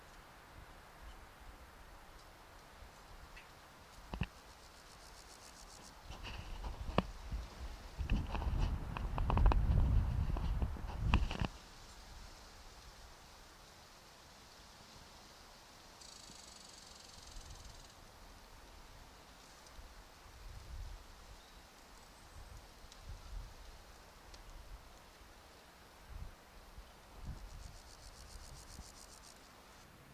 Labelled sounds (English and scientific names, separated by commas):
Marsh Meadow Grasshopper (Chorthippus curtipennis) stridulation